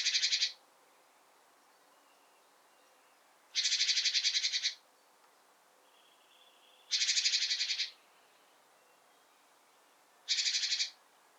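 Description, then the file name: Great tit harsh buzzy calls: four rasping bursts of varying length, spaced roughly three seconds apart. "Parus major"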